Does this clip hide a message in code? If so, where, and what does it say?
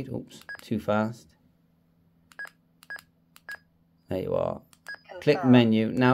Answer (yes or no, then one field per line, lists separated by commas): no